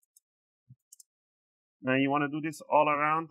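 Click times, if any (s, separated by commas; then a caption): 0.2 s, 0.9 s, 1.0 s. A pry tool twisted in the gap between the plastic bottom cover and the palm rest of an HP Pavilion 15 p010 laptop, opened to 45°, pops the palm rest's plastic snap clips loose with sharp clicks at 0.2, 0.9 and 1.0 seconds. Someone then talks, and the clips are released.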